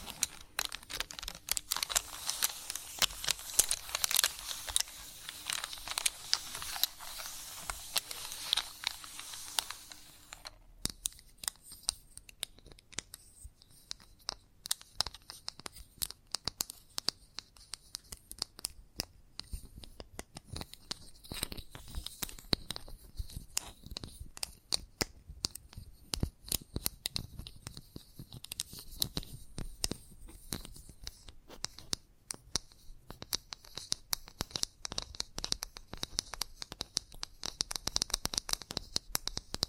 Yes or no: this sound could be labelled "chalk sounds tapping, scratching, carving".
yes